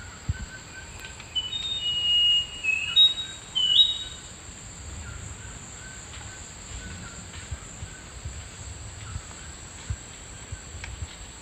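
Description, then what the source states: Thrush-like schiffornis singing one phrase of clear slurred whistles early on, followed by quiet with a continuous insect drone. Recorded in the eastern lowlands of South America.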